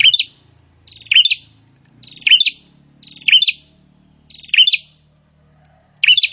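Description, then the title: Prinia song of clipped buzzy phrases, each with a sharp ending note, repeated several times. Prinia singing continuously (prenjak gacor), presented to make listeners' own prinias more aggressive and vocal. "Prenjak gacor ISTIMEWA bikin prenjak ANDA semakin GANAS dan GACOR"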